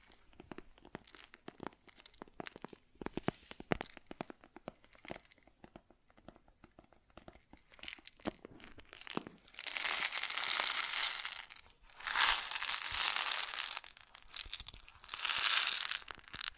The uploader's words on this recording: ASMR Grain Sounds (No Talking).